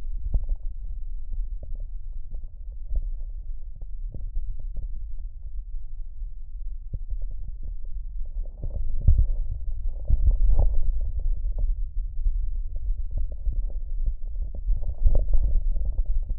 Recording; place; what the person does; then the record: lung sounds by stethoscope; right posterior basal chest; quiet breathing, then deep breathing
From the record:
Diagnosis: interstitial lung disease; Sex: male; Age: 47 years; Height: 159 cm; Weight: 66.8 kg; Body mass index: 26.4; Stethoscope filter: extended mode